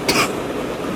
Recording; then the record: coughing mixed with background sound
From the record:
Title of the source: 31 night wet cough